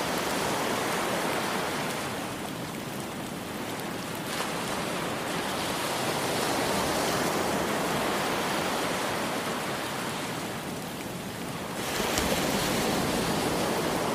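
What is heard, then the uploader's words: Rain and ocean surf blend into a dense, steady hiss that fills the low rumble through the bright top end. The level swells gently, dipping slightly around two and ten seconds, then rising again near twelve seconds as a wave builds and washes in. Rain Sounds & Ocean Waves White Noise.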